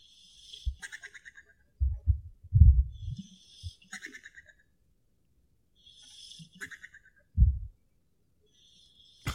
It's hard to tell who's snoring. Sounds like a duck. That's a dog.